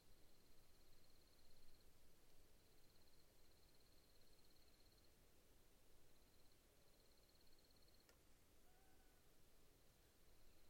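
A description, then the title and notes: A quiet night in the outback: a thin, high-pitched pulsing call runs almost the whole way through, dropping out briefly now and then, over a soft, steady hush of wind. A sharp click lands near eight seconds, followed by a faint chirp. Deeply Quiet Night In The Outback. The deepest quiet I have ever experience in my life was on this cool night in Mungo National Park. I only would sometimes hear the high pitched calls of microbats and the minute sounds of a soft wind through the wood of the bushes.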